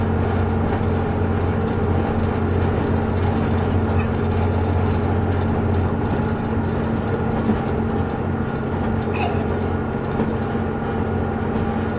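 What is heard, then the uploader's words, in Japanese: Running sound of the KiHa 71 series Yufuin no Mori diesel train: a steady, dense low drone with a constant humming tone underneath. A fine continuous rattle and ticking runs throughout, with a brief faint squeal around nine seconds, and the loudness never changes. キハ71系 ゆふいんの森03号02 日田～由布院。走行音(音の旅)。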